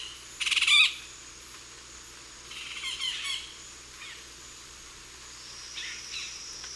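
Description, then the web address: Yellow-tufted woodpecker calls: a brief harsh rattling burst, then softer scattered chattering notes and a faint later call over quiet background. Group calls; eastern lowlands of South America. "Natures Songs S America Eastern Lowlands. Melanerpes cruentatus, group calls"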